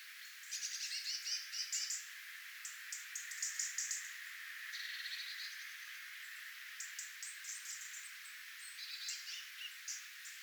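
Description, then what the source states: Tits calling in a flock, rapid thin high notes and twittering clusters, busiest early and again near the end, over a constant hiss. Tit flock, recorded 11 October 2024.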